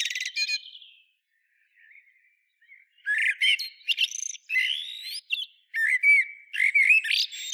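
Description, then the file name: Common blackbird with bursts of varied squeaky, whistled and scratchy notes, a short phrase first, then a long jumbled sequence after a pause. "Turdus merula"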